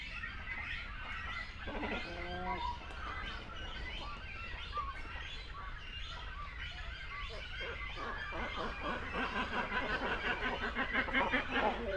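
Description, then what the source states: Great cormorant colony noise: many overlapping throaty, chuckling calls and a clear stacked croak near the start, with rapid chatter building and growing louder toward the end. Continental great cormorant at a colony.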